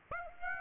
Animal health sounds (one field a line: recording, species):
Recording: mosquito wingbeat signal from an infrared sensor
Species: Aedes aegypti